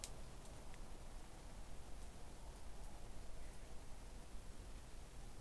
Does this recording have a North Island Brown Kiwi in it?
no